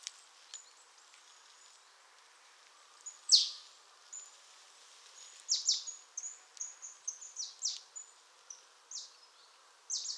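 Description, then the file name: Marsh tit calls: short, sharp high notes scattered irregularly, one loud note early on, then a quicker run of clipped notes in the second half, over faint background hiss. "Poecile palustris"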